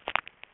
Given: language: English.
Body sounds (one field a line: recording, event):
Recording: throat vibration sensor signal played as sound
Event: swallow